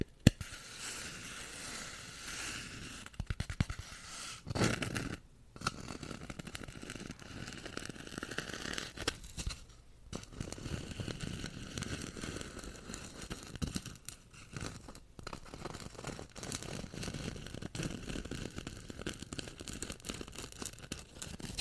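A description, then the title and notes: Rough scratching fills the recording, a dense, continuous rasp with a papery, tearing edge. The texture shifts constantly, swelling louder around four to five seconds, with brief near-silent gaps around five, ten and fifteen seconds before the scraping resumes. Lots of scratching and rough textures.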